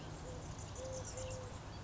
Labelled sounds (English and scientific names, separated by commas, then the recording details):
Eurasian Collared Dove (Streptopelia decaocto)
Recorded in Sonoma County, California